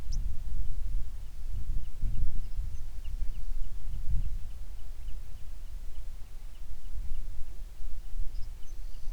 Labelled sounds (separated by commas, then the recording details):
songbird, wind
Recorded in the Prudhoe Bay oil fields, Alaska, on 9 June 2019 at 16:27
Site 21